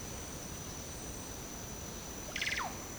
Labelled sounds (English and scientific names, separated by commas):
none